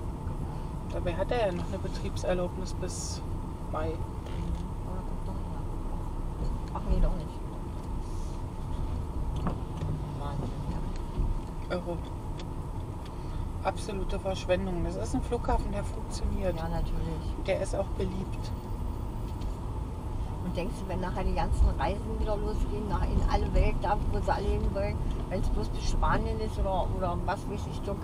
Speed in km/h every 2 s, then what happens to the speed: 17, 17, 17, 18, 18, 18, 17, 19, 21, 19, 19, 19, 17, 17.
0-28 steady at about 18.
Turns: none.